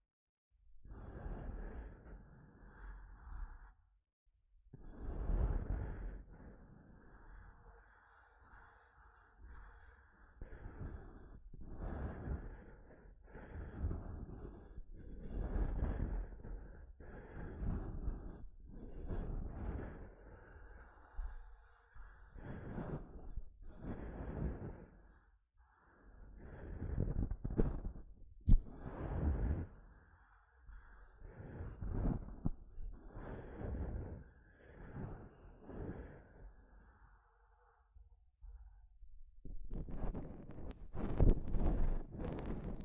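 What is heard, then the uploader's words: Mic tapping and scratching: dense, uneven bursts of rough scraping with a heavy low thump, separated by short silences. A sharp tap cracks through near 28 seconds, and the last few seconds turn to a brighter, hissing scratch. ASMR Mic Tapping and Scratching (No Talking).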